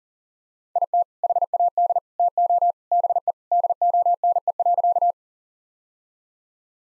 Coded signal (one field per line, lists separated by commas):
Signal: Morse code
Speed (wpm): 40 wpm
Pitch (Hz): 700 Hz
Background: none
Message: IT HAD TO BE DONE.